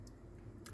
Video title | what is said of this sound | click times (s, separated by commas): Hymer S600 instructional video 2022 | we reach in opening the door and we simply pull down till we hear the click when we hear the click | 0.1 s, 0.7 s